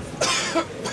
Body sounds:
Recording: coughing mixed with background sound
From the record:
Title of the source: Dry Coughing Fit in the Afternoon.

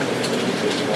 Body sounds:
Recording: background sound without coughing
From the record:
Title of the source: Office Sounds Ambience - Background Noise for Study and Work

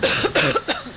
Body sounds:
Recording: coughing mixed with background sound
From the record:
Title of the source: November cold (wet coughing)

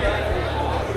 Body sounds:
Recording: background sound without coughing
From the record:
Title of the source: CITY SOUNDS Busy Bar in the Evening Night - 2 HOURS of Ambiance for Relaxation

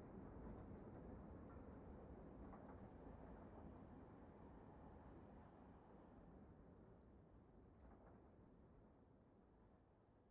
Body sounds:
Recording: background sound without coughing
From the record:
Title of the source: Train Ride Ambience ambient white noise for sleeping, focus, studying, reading

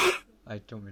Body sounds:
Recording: coughing mixed with background sound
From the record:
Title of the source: 64 coughing, allergies, singing lungs

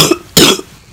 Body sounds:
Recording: coughing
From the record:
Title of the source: Wet coughing

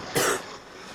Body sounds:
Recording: coughing mixed with background sound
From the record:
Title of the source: 34 coughing up crap again

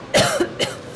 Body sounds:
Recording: coughing mixed with background sound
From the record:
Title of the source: Coughing Woman Sound - Woman Cough Sound Effect

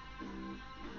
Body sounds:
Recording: background sound without coughing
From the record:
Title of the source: BackgroundMusic2

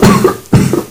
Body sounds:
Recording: coughing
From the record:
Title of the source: Mid-morning Winter Coughing Fit

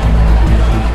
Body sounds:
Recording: background sound without coughing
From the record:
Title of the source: Party Noise 1 Hour Party Ambience

